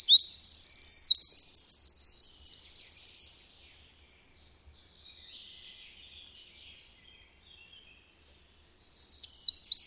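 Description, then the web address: Eurasian wren song: a loud, rapid burst of high trills and twittering notes ending about three seconds in, then silence, with a new burst starting near the end. "agykontroll Madardalok Cd 1. Ökörszem"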